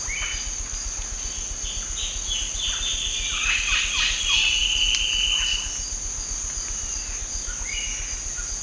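Bird calls: quick clipped notes build into a sustained whistle, then scattered short calls later, over a steady shrill insect chorus.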